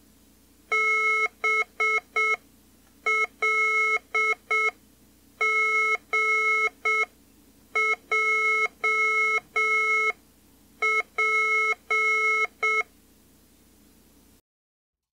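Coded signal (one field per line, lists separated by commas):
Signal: Morse code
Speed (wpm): 7 wpm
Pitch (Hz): 2150 Hz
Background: none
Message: BLGJP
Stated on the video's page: Morse code practice generated by a CODE TEST program on a 6502 single-board computer.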